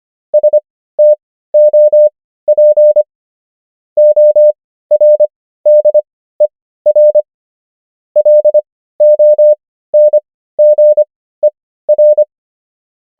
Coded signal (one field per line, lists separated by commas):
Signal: Morse code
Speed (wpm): 25 wpm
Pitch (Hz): 600 Hz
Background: none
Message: STOP ORDER LONGER